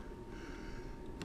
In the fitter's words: and then click it should snap right in